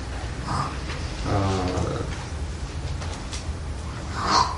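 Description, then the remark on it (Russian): A toy tiger lets out a recorded roar, one rough, low growl lasting about a second, followed by softer rumbling and a brief brighter squeak near the end. “Тигр.”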